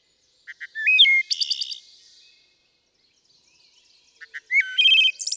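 Wood thrush song, two phrases several seconds apart, each with soft introductory notes, a rising flute-like whistle and a buzzy high trill ending.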